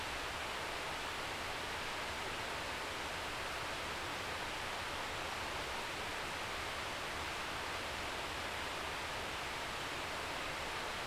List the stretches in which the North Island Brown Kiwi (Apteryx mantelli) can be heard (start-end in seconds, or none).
none